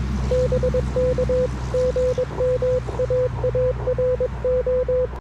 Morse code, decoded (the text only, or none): BK GM AARO